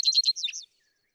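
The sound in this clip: Vesper sparrow song fragment: a quick series of buzzy, jumbled notes lasting well under a second, ending abruptly.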